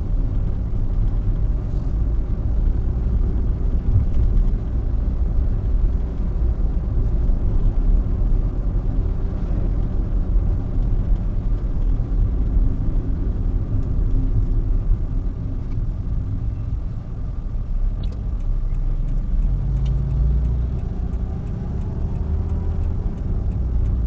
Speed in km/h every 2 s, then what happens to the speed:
40, 42, 44, 44, 45, 45, 41, 24, 11, 8, 18, 24.
0-11 steady at about 44. 11-17 brakes to 8. 17-24 speeds up to 24.